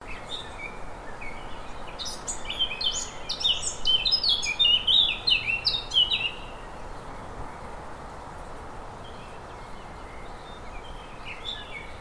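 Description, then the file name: Eurasian Blackcap song: a rapid, varied warble of high chirps and slurred fluty notes lasting about four seconds, then quiet background hiss. "Sylvia atricapilla"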